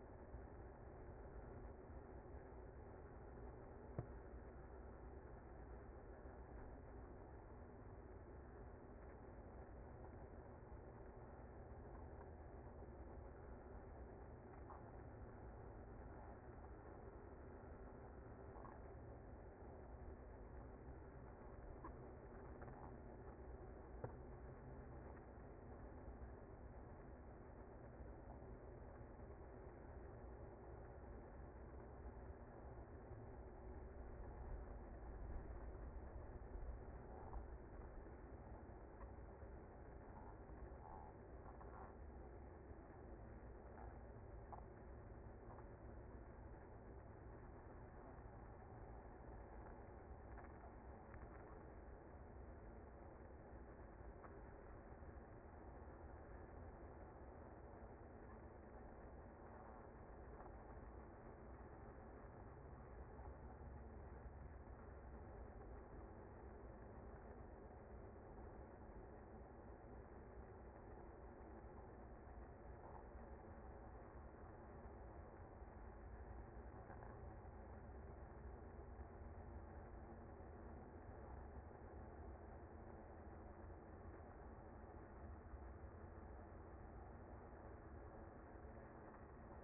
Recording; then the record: honeybee colony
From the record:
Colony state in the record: active